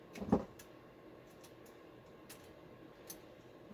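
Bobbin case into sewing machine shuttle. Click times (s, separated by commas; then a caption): 0.3 s. A loaded metal bobbin case is pushed into the shuttle of a vintage Premier class 15 straight-stitch sewing machine with the needle up, its little finger going into the slot. It clicks into place at 0.3 s with a sharp, loud tick, and a few fainter ticks follow over a quiet background. The bobbin case is seated.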